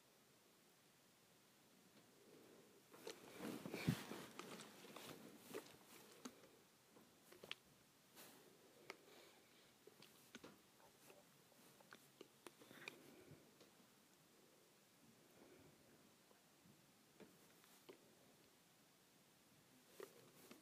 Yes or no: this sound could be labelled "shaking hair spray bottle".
yes